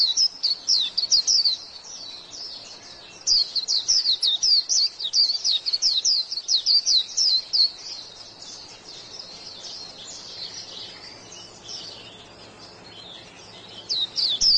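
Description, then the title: White-eye song: a lively run of high, chirping notes for several seconds, then a quieter stretch before the bird starts up again at the end. "Pleci"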